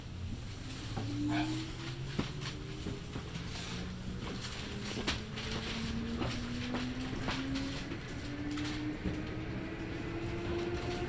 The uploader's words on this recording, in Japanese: 近鉄大阪線 急行 名張→大和朝倉。平日のお昼時、そろそろ学生の乗り降りが始まりそうな時間帯です。名張から桜井までは各駅停車になるのでこまめに停車していきます。